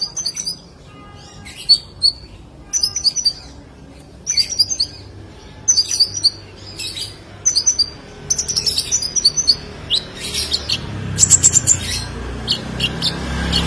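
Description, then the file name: Sunbird giving high, thin twittering phrases separated by short pauses, with a run of sharp chirps near the end. "Kolibri Lebah"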